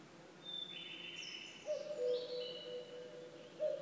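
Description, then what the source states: Several birds sing at once: high, thin whistles and a lower warbling phrase, then a long, low, steady hooting note begins partway through. Woodland birdsong.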